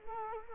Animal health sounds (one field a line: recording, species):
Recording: mosquito wingbeat signal from an infrared sensor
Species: Culex quinquefasciatus